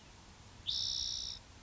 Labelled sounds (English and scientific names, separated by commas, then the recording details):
Spotted Towhee (Pipilo maculatus)
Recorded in Sonoma County, California